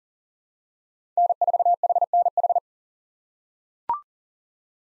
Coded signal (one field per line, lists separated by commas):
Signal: Morse code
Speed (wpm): 37 wpm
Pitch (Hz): 700 Hz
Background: none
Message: N4HNH